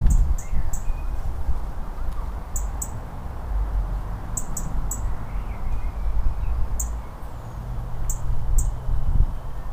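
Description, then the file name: European Robin with repeated high, thin, clipped calls, single or paired, at irregular intervals, over loud low-pitched rumbling background noise. "Erithacus rubecula - European Robin"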